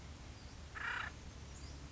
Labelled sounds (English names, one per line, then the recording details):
Acorn Woodpecker
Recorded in Sonoma County, California